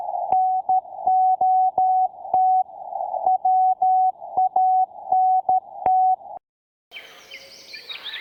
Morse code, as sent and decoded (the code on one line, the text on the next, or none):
-. --- - / .-- .- -. -
NOT WANT